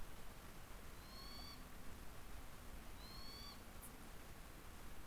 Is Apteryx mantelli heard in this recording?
no